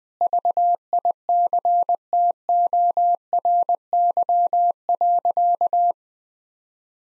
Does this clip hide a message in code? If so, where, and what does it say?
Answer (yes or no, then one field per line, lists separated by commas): yes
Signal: Morse code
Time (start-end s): 0.2-5.9 s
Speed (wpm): 20 wpm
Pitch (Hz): 700 Hz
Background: none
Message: VICTORY.